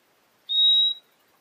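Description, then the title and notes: Purple-throated euphonia call: a single clear, high, steady whistle lasting about half a second, with quiet surroundings. Call (pio) of the species, known locally as fim-fim. "Euphonia chlorotica. Áudio do pio do fim-fim"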